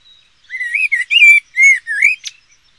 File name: kos Turdus merula